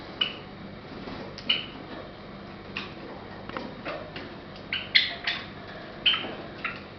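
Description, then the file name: Java sparrow song, scattered sharp clicking and tinkling notes at irregular intervals over a steady background hiss. "pesnya risovoi amadiny"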